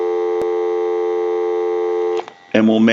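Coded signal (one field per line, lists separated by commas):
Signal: telephone call progress tone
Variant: North America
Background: speech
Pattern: dial tone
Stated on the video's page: Tones from a General Electric 6.0 27909 cordless telephone under checkout and repair.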